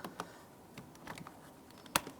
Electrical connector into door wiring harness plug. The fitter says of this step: so we get a nice positive click we have two connections here